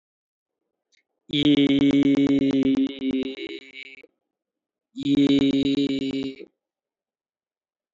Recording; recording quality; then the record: sustained vowel as in beet; excellent, no background noise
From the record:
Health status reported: healthy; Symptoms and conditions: none ticked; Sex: male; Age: 37 years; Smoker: not ticked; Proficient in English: yes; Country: India